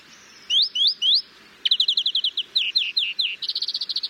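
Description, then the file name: European greenfinch calls: three rising whistled notes, then a quick run of chirped notes ending in a fast rattling trill. "Chloris chloris"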